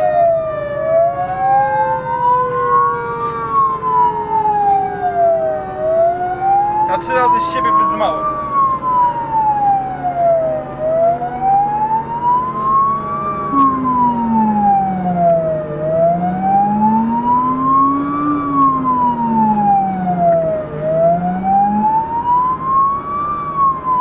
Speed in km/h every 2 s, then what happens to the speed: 66, 68, 72, 76, 79, 79, 82, 82, 83, 85, 86, 88.
0-8 speeds up to 79. 8-24 steady at about 82.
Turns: none.